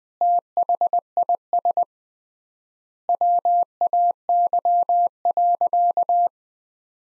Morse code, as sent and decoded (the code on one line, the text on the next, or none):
- .... .. ... / .-- .- -.-- .-.-.-
THIS WAY.